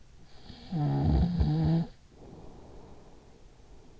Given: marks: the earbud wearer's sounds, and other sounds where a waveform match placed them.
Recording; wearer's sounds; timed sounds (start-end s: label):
sounds in sleep by an in-ear microphone; snoring breath
0.37-4.00 s: snoring breath